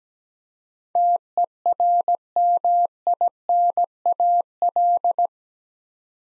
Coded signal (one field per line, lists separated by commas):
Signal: Morse code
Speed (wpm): 17 wpm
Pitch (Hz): 700 Hz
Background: none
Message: TERMINAL